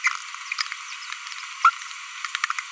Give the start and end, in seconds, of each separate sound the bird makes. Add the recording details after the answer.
1.65-1.70. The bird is a female. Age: 25 days. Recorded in a nest box in Venezuela. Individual 17B42B1